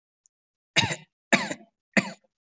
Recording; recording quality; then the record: heavy voluntary cough; excellent, no background noise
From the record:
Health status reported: COVID-19 positive, no symptoms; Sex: male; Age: 34 years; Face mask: not worn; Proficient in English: no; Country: India